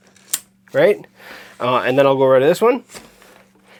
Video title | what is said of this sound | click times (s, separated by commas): TCEK Portable Swivel Camp Chair | So if I take this one and pull it, you'll hear that click, and I'll do that again, right? | 0.3 s